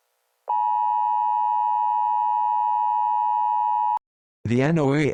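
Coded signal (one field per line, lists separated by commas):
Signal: Emergency Alert System (SAME) tones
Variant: 853 and 960 Hz attention tone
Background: speech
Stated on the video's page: Fictional EAS scenario set in a future of risen oceans.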